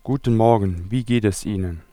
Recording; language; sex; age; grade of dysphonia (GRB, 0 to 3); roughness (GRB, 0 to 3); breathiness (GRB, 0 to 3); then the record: spoken sentence; German; male; 30 to 39 years; 1; 1; 1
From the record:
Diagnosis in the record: intubation granuloma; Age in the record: 38 years